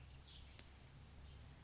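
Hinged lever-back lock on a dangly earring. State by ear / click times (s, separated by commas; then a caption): seated / 0.6 s. The hinged lever-back (English lock) closure on a metal enamel dangly earring is pressed shut and snaps closed with one sharp, brief click at 0.6 s, set against a steady low background hum. The lock seats securely.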